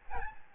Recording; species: mosquito wingbeat signal from an infrared sensor; Aedes albopictus